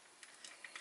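The collar section of an Ocular Max PS-03 Backdraft plastic transforming figure is raised so its two sets of tabs go toward the figure's shoulder pieces. Light plastic handling ticks are heard, with the sharpest tap at about 0.6 s. Nothing has seated or clicked into place yet.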